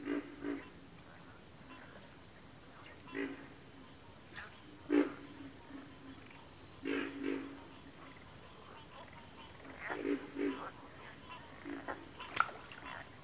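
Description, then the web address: Pig frog giving occasional deep grunts, single and paired, over a continuous shrill, pulsing insect chorus. Pig frogs calling in a bayou. "Echoes of Nature - Bayou Pig Frogs"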